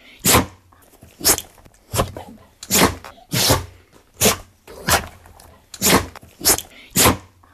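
Dog sneezing and snorting repeatedly in short, forceful bursts, caused by a grass awn (foxtail) lodged in the nose.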